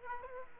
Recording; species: mosquito wingbeat signal from an infrared sensor; Aedes aegypti